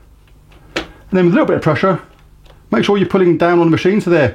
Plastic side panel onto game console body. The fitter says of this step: And that's actually already clicked in place already.